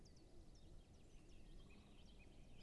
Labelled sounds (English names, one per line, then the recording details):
Great Spotted Woodpecker
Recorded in Germany
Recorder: ecoPi